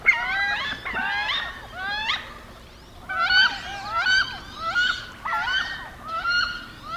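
Wood duck calls: thin, rising whistled notes with harmonics, repeated rapidly in loose clusters, over a low background hiss.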